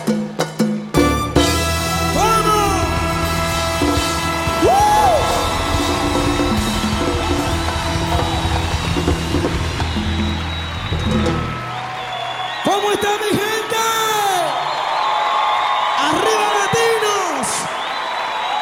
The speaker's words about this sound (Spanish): Muchísimas gracias por esos lindos aplausos.